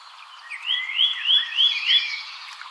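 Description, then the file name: Eurasian nuthatch delivering five bright, upward-sweeping whistles in a rapid even run. "Sitta europaea"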